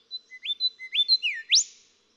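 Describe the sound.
Golden whistler song: a few rising whistled notes, a falling slur, then a loud sharp upward whip to finish.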